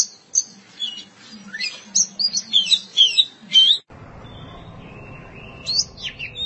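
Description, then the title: Oriental magpie-robin giving rapid, sharp high whistles over a soft low murmur, then a pause before a few thin whistled notes return. "Kacer"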